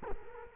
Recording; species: mosquito wingbeat signal from an infrared sensor; Culex quinquefasciatus